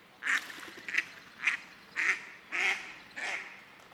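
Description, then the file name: Duck giving a run of six nasal quacks in a fairly even series. On a lake. "duck on the lake"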